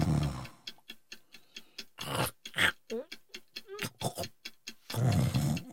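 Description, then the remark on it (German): Rough, rasping snores from a sleeping man rise and fall at the start, middle and end, while a steady clock ticks in quick, even beats between them. “Fingerstechen dieses Schnarchen unterbrechen.”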